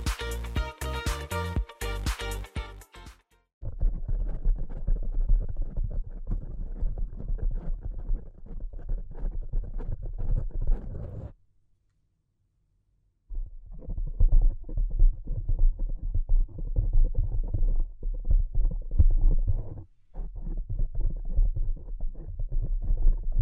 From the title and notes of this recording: ASMR Delicate Tapping (No Talking).